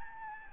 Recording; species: mosquito wingbeat signal from an infrared sensor; Anopheles gambiae